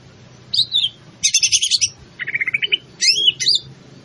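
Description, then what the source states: Greater green leafbird song in four short high bursts: a slurred whistle, a fast chattering trill, a lower buzzy run, then sweeping whistled notes. In full song, locally called gacor.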